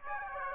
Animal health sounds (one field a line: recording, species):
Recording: mosquito wingbeat signal from an infrared sensor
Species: Aedes aegypti